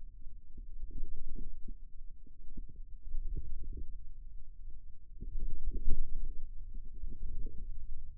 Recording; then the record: forearm muscle sounds (acoustic myography)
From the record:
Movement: wrist extension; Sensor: system 2, bracelet of six BSWA MPA416 microphones around the upper forearm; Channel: 5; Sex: male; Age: 22 years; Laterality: right